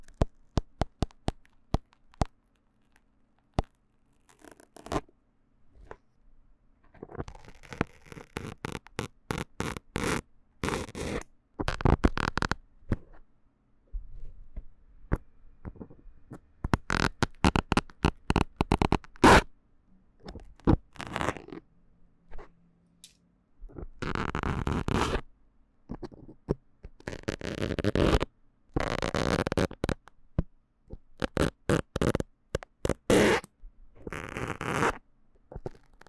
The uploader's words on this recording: 拔針的強烈觸發. Remove the needle from the MIC. NoTalking.